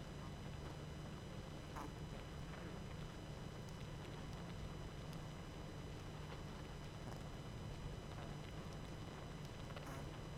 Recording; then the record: honeybee colony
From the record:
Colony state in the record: active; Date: 12 June 2018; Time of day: 20:59